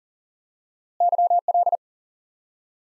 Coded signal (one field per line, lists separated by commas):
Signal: Morse code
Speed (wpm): 37 wpm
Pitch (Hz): 700 Hz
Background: none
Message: YL